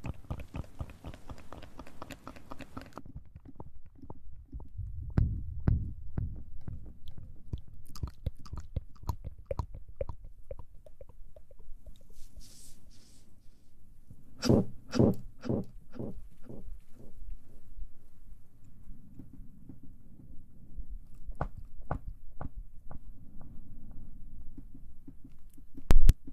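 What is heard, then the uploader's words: Wet mouth sounds click, pop and smack in quick bursts, with soft chewing-like textures and low rubbing thuds beneath. A hiss fills the opening three seconds, and clusters of sharp clicks gather around 5, 15 and 22 seconds, ending in one loud pop. ASMR Mouth Sounds & Ear Play.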